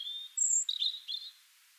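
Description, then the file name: European robin: brief high-pitched bird song fragment: a thin sustained whistle followed by two short, sweet warbled notes. "Erithacus rubecula"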